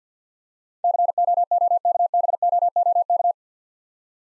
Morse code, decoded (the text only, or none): COOKBOOK